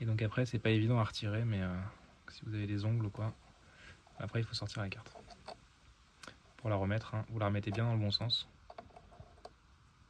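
A SIM card for the 4G module slot of a Lymow robot mower is lined up at the slot entrance the right way round before being pushed in. Someone talks through most of the clip, and a few small handling ticks follow near the end. Nothing has seated or clicked yet.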